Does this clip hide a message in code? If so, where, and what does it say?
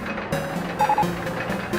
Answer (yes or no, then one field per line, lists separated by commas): no